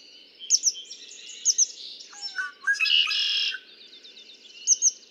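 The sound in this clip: Red-winged blackbird gives a stuttering run of low notes, then a rough buzzy trill; high chirping and a faint hum continue behind.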